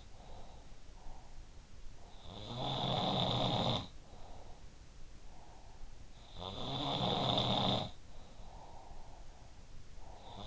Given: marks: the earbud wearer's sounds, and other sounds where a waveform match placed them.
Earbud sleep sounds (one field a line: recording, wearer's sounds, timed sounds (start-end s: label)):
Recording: sounds in sleep by an in-ear microphone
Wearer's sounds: breath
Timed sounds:
0.00-1.51 s: breath
2.31-6.03 s: sound from someone else or the room
3.92-6.02 s: breath
6.31-10.47 s: sound from someone else or the room
8.12-10.47 s: breath